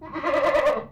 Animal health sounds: contact call of a hoofed animal; goat; low-frequency (closed-mouth) or high-frequency (open-mouth) call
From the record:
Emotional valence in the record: positive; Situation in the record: food anticipation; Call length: 0.92 s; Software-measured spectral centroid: 1740 Hz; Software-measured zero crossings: 1650 a second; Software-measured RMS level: -23 dBFS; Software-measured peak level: -15 dBFS

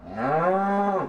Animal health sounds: contact call of a hoofed animal; cattle; low-frequency (closed-mouth) or high-frequency (open-mouth) call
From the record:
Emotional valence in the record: negative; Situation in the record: full separation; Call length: 1.08 s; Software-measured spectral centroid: 990 Hz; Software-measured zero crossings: 1390 a second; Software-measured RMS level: -24 dBFS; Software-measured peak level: -11 dBFS

